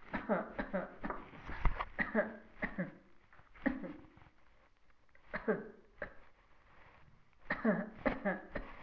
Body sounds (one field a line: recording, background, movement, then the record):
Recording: voluntary coughing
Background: quiet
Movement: sitting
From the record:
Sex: female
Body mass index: 25.5 kg/m2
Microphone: on the chest, facing the body